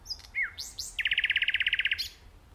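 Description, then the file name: Common nightingale phrase: a few sweeping whistled notes followed by a rapid, even series of many loud pulses. "Luscinia megarhynchos"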